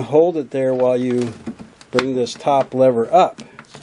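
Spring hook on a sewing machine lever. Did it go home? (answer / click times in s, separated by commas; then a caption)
no / none. On a vintage Singer sewing machine, the top lever is brought up while the spring hook is handled to latch onto it, as someone talks throughout. A small knock sounds near the end as the hook engages the lever, but nothing has seated or clicked home yet.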